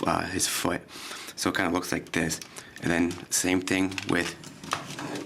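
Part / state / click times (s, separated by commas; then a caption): plastic foot panel on a transforming robot figure / seated / 4.7 s. Someone talks while a plastic panel on the foot of a transforming robot figure is pushed back down. It snaps into place with a sharp click at 4.7 s.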